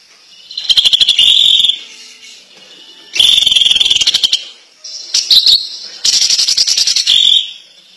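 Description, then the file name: Greater green leafbird song in a few loud bursts of fast, rattling trills mixed with sharp whistled notes, with brief gaps between. Champion competition bird singing its kicau song. "kicau cucak ijo juara"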